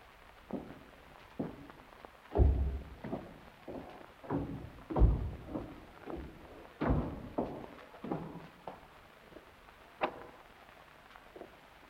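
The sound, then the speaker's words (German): Footsteps going down a staircase step by step, a dozen or so heavy, dull thuds at a slightly uneven pace, some louder and boomier than others, with no voices. “Weiter. Stufe für Stufe.”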